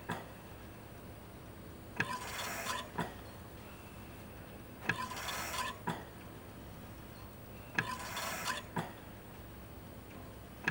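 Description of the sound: A hospital mechanical ventilator cycling about 21 times per minute: each breath is a click followed by a short burst of rushing air with a faint tone, ending in a second click, over a steady low background hum.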